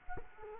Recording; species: mosquito wingbeat signal from an infrared sensor; Culex quinquefasciatus